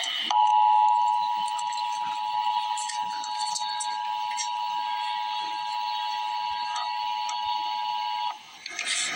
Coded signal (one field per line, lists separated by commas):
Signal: Emergency Alert System (SAME) tones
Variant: 853 and 960 Hz attention tone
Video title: Emergency Alert System - Flood Watch - Apr 14, 2026 at 1:15 PM EDT